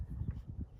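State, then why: Not seated. A new rubber ball joint boot is pressed over the ball joint on an upper control arm. A series of low, dull thumps and rubbing sounds is heard. Nothing has seated or clicked into place yet.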